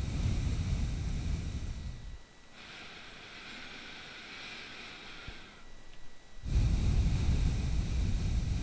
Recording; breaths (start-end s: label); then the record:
nose breathing near a microphone
0.00-2.40 s: exhalation
2.40-5.95 s: inhalation
5.95-8.63 s: exhalation
From the record:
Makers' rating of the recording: bad